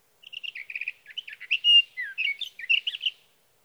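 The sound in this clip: Sage thrasher song, a continuous jumble of quick warbled and trilled notes with a few clear whistled slurs, running for about three seconds.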